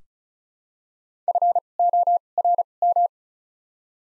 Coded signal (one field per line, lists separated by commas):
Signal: Morse code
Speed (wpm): 36 wpm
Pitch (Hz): 700 Hz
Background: none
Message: F O R M